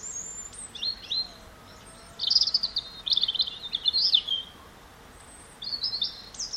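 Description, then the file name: European robin song: thin, high warbled phrases with sudden pitch jumps, strongest between two and four and a half seconds, with brief faint notes at start and end. "Erithacus rubecula"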